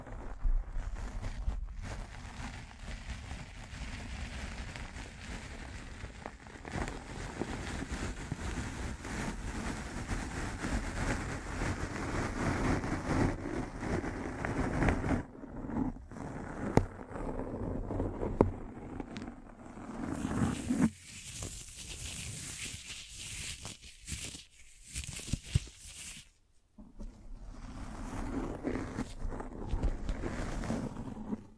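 Microphone brushing and scratching, a dense rumbling rub that fills the first fifteen seconds. After that the noise breaks into shorter scrapes and bursts with brief silent gaps, brighter hissing patches, and a near-silent dropout around twenty-six seconds before the rubbing resumes.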